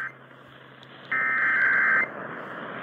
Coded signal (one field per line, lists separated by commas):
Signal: Emergency Alert System (SAME) tones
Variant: header bursts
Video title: THE EASS?? WJR: Yes. EAS Alerts from 10/1/19 - 10/30/19 (EAS #3,366 - 3,388)